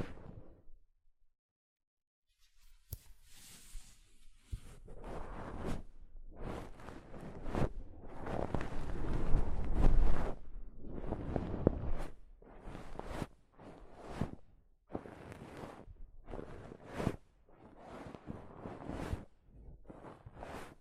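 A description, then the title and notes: Soft fabric brushes against a microphone in a run of rustling swipes. After about two seconds of near silence, irregular bursts begin, some short and scratchy, others longer and fuller, loudest around the ten-second mark, with brief pauses between strokes. ASMR Mic Brushing using Soft Fabric (No Talking).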